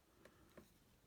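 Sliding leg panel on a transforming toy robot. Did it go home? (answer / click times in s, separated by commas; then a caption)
no / none. The leg section of a plastic Shinkansen Henkei Robo Shinkalion DXS02 E6 Komachi transforming train-robot toy is swung around so a panel slides up. Two short, faint plastic ticks are heard at about 0.3 s and 0.6 s over a quiet background. Nothing has clicked into place yet.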